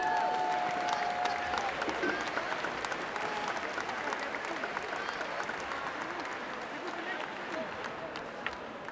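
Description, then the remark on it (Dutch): A crowd at the Dominicus open house on 25 December 2023 applauds the 250 volunteers, a dense wash of many hands clapping steadily for several seconds at an even, sustained level that tapers only slightly toward the end. “Een groot applaus.”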